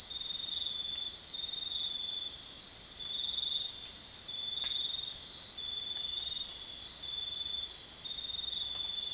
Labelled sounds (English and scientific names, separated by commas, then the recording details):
none
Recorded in secondary vegetation near Puerto Asís, Putumayo, Colombia, on 22 June 2025 at 01:00
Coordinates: 0.499, -76.323
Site G077